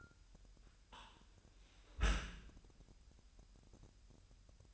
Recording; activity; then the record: daily activity, microphone in the room; close dishwasher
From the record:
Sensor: 2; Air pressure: 998.2 hPa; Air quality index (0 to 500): 148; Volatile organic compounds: 4 ppm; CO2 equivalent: 1672 ppm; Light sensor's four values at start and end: 10/30/12/11 and 10/30/12/11